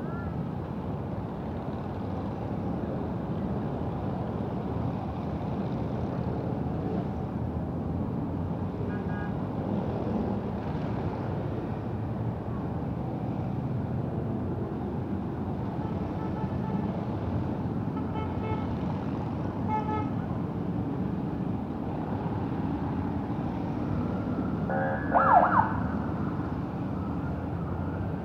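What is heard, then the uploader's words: Steady low roar of city traffic heard while biking from Harlem to the Bronx, with faint sirens and a brief sharp tone near 25 seconds. A stereo recording of biking from Harlem to the Bronx. The audio’s a bit muted because the mic is in my backpack.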